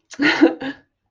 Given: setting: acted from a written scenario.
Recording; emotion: vocal sound without words; pride